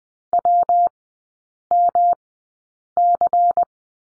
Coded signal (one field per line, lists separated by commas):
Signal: Morse code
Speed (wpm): 20 wpm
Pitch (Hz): 700 Hz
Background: none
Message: WMC